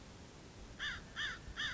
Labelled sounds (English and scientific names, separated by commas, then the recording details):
American Crow (Corvus brachyrhynchos)
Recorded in Sonoma County, California